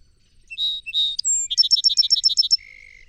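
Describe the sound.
Song sparrow singing two buzzy notes and a thin high whistle, then a rapid ringing trill, finishing on a lower drawn-out note.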